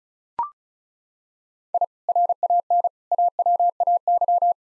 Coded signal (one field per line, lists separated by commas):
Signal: Morse code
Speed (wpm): 36 wpm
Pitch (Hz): 700 Hz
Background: none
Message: I RAN AWAY